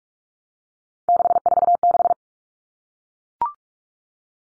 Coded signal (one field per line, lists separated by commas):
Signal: Morse code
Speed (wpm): 44 wpm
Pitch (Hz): 700 Hz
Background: none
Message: 646